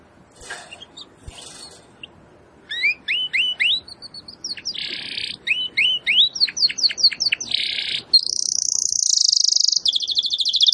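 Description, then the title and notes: Domestic canary song: after a few faint opening notes, a run of rising whistled sweeps, buzzy bursts and a bright, fast, high trill near the end. Belgian canary, singing. "Canário Belga Campainha Canary Singing. Canario Belga Cantando"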